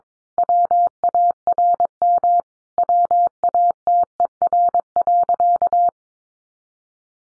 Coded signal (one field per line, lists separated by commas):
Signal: Morse code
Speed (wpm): 22 wpm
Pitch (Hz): 700 Hz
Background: none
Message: WARM WATER.